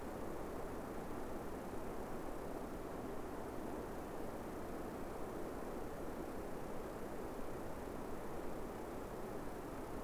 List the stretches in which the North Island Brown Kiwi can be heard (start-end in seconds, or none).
none